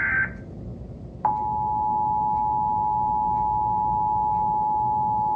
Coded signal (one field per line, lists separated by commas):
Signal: Emergency Alert System (SAME) tones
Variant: 853 and 960 Hz attention tone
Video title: WTAE Monthly EAS Test (9/19/24)